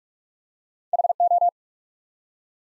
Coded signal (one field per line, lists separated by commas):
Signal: Morse code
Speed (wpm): 44 wpm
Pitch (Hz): 700 Hz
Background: none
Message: HO